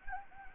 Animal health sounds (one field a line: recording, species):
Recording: mosquito wingbeat signal from an infrared sensor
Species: Anopheles gambiae